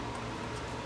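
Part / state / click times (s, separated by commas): VCR loading mechanism onto chassis locating pins / not seated / none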